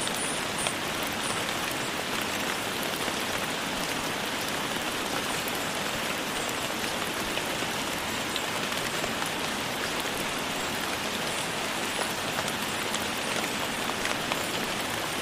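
Spring rain falls steadily and densely, a constant hiss of countless drops pattering on a surface. The sound stays even from start to finish, bright and full, with no pauses or distinct events breaking through the downpour.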